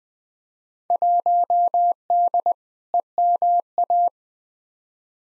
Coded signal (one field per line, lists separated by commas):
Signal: Morse code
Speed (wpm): 20 wpm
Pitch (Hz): 700 Hz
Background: none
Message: 1D EMA